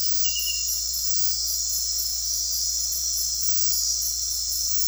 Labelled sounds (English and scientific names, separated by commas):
none